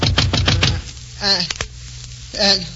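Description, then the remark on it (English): A quick run of about six sharp, hollow knocks on a door, fairly loud, followed by two short bursts of a voice with a pause between them. “And then a knock on the door wakened me.”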